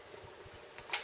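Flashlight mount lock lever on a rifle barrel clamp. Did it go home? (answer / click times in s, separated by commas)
yes / 0.8 s, 0.9 s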